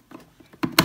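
RAM modules being pressed one at a time into the memory bay of a mid-2017 27-inch iMac with 5K Retina Display seat with two sharp clicks at 0.6 s and 0.8 s. Softer handling taps come before the clicks, and the modules are confirmed seated.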